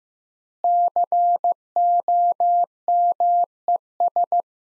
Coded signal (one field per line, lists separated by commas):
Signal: Morse code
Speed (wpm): 15 wpm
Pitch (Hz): 700 Hz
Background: none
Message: COMES